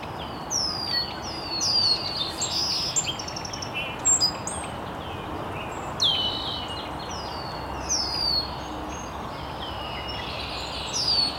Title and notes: Birds Chirping in the Early Morning. Original sounds of birds chirping very early in the morning in an estuary